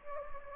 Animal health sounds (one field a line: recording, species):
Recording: mosquito wingbeat signal from an infrared sensor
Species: Anopheles gambiae